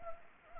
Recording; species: mosquito wingbeat signal from an infrared sensor; Anopheles arabiensis